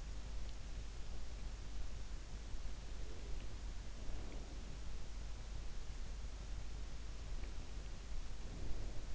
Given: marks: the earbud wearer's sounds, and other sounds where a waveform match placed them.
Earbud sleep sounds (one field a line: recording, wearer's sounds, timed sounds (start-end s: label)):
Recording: sounds in sleep by an in-ear microphone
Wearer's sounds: breath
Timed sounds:
2.77-4.99 s: breath
7.37-9.15 s: breath